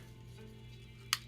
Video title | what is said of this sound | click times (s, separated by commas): KO Dinobots from AliExpress- Unboxing and Rant | there there we go we got a click and then we'll | 1.1 s